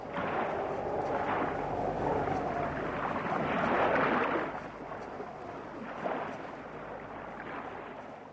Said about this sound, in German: Jetzt hat das Schiff gewendet. Fahren wir wieder zurück auf das offene Meer?